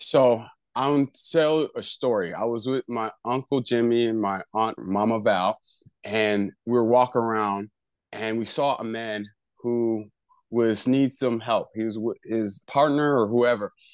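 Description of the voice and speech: An adult man, a stroke survivor about one year after a left-hemisphere stroke, tells a short story in mostly fluent, clearly voiced speech, with hesitant pauses, a drawn-out stall mid-sentence and a grammatical slip ("was needs some help"). These mild word-finding and grammar errors fit aphasia following the stroke.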